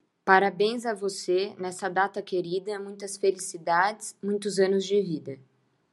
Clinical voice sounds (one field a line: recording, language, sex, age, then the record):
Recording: short text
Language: Brazilian Portuguese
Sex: female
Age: 30 to 39 years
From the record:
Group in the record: control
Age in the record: 30 years